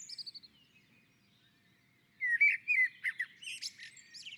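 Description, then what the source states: Common blackbird song: a few high notes and a pause, then a mellow fluted warble that breaks into squeaky, twittering high notes. On a roof.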